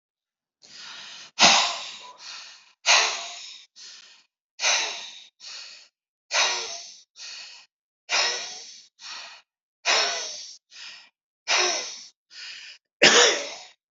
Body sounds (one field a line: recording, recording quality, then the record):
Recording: deep breathing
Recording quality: excellent, no background noise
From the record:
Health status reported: respiratory illness, not identified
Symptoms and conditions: asthma, hypertension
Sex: male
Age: 81 years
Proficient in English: yes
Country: India